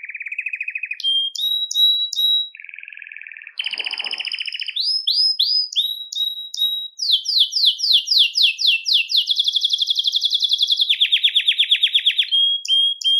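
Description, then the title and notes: Belgian canary song of varied phrases: a steady even trill, a lower buzzy rattle, sweeping chirps, then fast trills changing pitch, continuous throughout. "Canario Belga, nyonyastudio"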